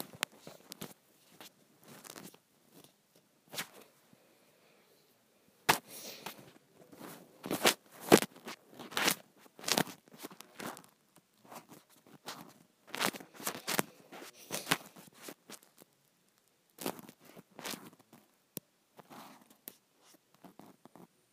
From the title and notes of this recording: ASMR Satisfying Scrunchie Sounds.